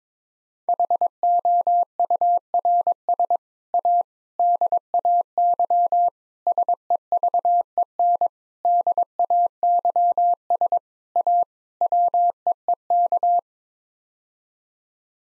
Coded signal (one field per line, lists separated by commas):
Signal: Morse code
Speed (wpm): 22 wpm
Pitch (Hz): 700 Hz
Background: none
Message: HOURS A DAY SEVEN DAYS A WEEK